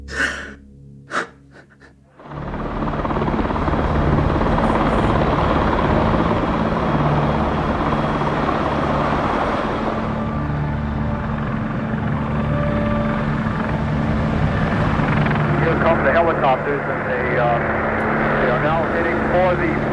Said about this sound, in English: And the sky was getting dark, and then we heard the helicopters, and I said, damn, man, this is fucking strange. The helicopter comes up over the wall, and it's hovering over the yard.